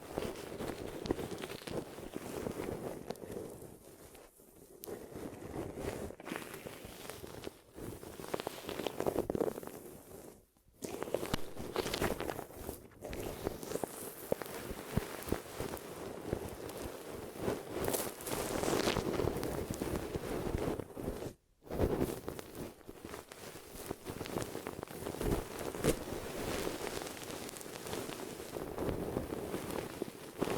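Glue ear massage and cleaning: a dense, continuous rubbing and scraping with a low, muffled body and crackly, uneven texture. The pressure swells and eases in waves, with brief near-silent breaks around 10 and 21 seconds and bright, hissy sweeps midway.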